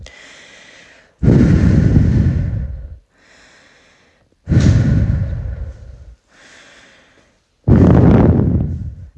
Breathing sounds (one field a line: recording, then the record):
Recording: deep breathing after running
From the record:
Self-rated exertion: moderate exertion (3 of 6)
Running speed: 5 miles an hour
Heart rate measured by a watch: 124 beats a minute at the start, 125 at the end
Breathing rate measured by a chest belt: 19 breaths a minute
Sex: female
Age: 18 years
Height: 171 cm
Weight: 75 kg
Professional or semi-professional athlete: no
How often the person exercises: 1 to 2 times a week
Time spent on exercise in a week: under 1 hour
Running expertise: no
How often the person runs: 1 to 2 times a week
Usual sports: running, fencing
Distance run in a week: 3 km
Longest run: 21.3 km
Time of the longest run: 190 minutes